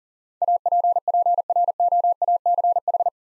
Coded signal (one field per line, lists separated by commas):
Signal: Morse code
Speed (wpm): 37 wpm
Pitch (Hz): 700 Hz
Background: none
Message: APPROACH